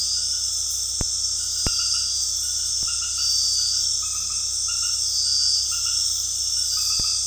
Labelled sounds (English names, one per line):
none